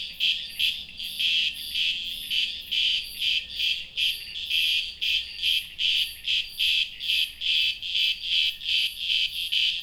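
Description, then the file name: Cicadas calling in rhythmic pulsing bursts of loud, high, rasping buzz, about two to three pulses a second, continuous throughout with no other clear sounds. "cigarras"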